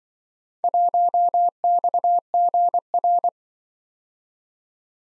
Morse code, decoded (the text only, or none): 1XGR